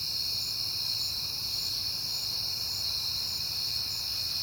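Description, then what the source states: Many crickets trilling together in a bright continuous wash of sound over a soft low drone. Crickets on a peaceful night in September.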